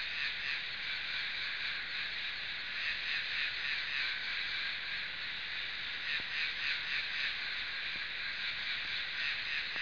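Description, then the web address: Insect buzzing in a steady, dense high-pitched drone that pulses roughly four times a second throughout, with a few faint clicks. "昆虫声音素材"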